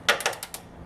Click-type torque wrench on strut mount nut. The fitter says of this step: See, like that clicked. I don't know if the camera picked it up.